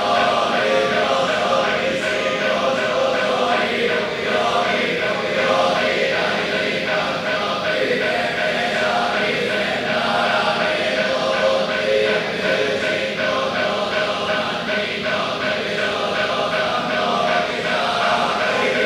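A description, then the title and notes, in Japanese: Morning service at a mountain temple, recorded on site. A dense, steady body of voices chants together, the syllables pulsing in a quick, even rhythm for the whole stretch. The level never dips, and the sound is full and mid-toned rather than bright. 身延山の朝勤（フィールド録音）。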